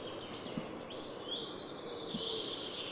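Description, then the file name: Eurasian wren song, a thin whistled lead-in followed by a loud rapid series of sharp descending strokes, over background hiss. "Troglodytes troglodytes"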